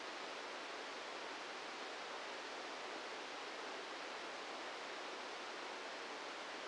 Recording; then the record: brain microelectrode recording played as sound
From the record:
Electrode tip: outside the subthalamic nucleus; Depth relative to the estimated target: 0 mm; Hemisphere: left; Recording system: NeuroSet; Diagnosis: Parkinson's disease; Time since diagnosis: 8 years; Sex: male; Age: 58 years